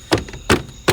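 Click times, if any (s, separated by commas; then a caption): none. A plastic trim cover is handled and pressed back onto the headlight area of a 2011–14 Dodge Charger during an RGB headlight installation. Three sharp, broadband thunks land at about 0.1, 0.5 and 0.9 seconds, with fainter taps around 0.3 seconds. The cover has not seated or clicked into place yet.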